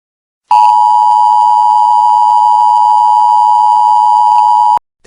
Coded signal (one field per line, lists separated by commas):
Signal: Emergency Alert System (SAME) tones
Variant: 853 and 960 Hz attention tone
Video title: THE PURGE:eas alert